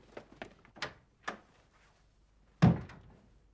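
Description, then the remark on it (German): A few short, dry rustles and scrapes of paper being pushed under a door, followed by a single louder dull thunk against the wood. No one speaks. “Und das schiebst du jetzt der schwachsinnigen Person unter der Türe hindurch in ihr Zimmer hier.”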